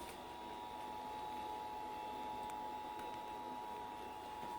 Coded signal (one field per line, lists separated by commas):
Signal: Emergency Alert System (SAME) tones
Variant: 853 and 960 Hz attention tone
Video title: Shasta/Trinity's Required Monthly Test (EAS #1126-1134)